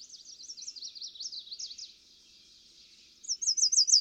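Chestnut-sided warbler song: a string of high wavering slurred notes, a short gap, then a louder rapid burst of zigzag notes at the end.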